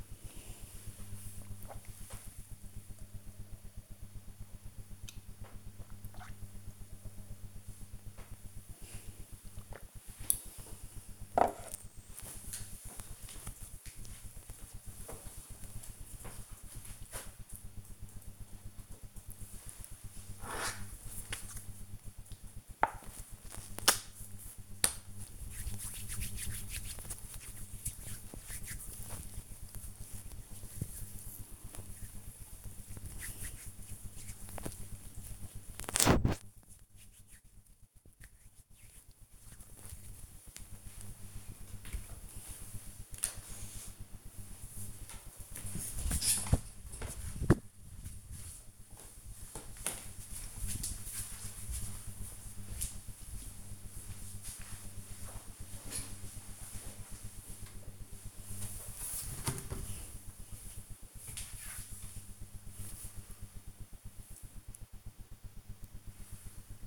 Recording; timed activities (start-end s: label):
household activities, microphone on the right wrist
0.00-10.09 s: drinking
18.14-40.31 s: cream hands